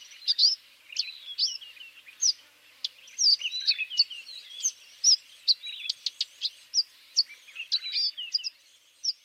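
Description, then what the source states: Eastern Violet-backed Sunbird song: a busy, high-pitched jumble of squeaky twitters, quick chips and short trills delivered continuously, with light ambient noise. Recorded in Tanzania, not far from Mount Kilimanjaro.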